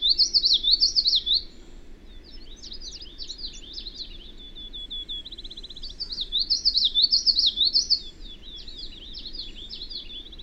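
Bird song opening with a high warbled phrase, then softer notes and a short buzzy trill, followed by another loud rapid phrase; low hum beneath.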